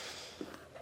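A trailer wiring harness plug from a Stealth Hitches hidden trailer hitch receiver towing kit is handled at the plastic wiring connector of a 2022 Lexus RX 350 before being pushed in. Low rustling and handling sounds are heard, with a brief sharp tap around 0.5 s. Nothing has seated or clicked yet.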